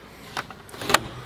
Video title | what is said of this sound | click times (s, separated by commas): Ultimate DIY Camping Canopy Build - Strictly Bush | i've just put the pins on there and there it should just click right in | 1.0 s